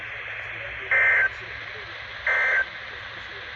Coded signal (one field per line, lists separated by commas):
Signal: Emergency Alert System (SAME) tones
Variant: end-of-message bursts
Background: speech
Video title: An Unexpected Day...EAS Alerts From March 31, 2021 (EAS #957-969)